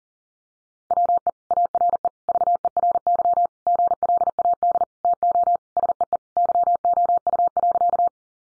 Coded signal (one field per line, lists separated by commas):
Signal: Morse code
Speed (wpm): 40 wpm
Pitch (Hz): 700 Hz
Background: none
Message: WE ARE VERY GLAD TO SEE YOU.